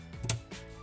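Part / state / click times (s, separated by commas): spray hose quick-connect fitting onto faucet spout tube / seated / 0.3 s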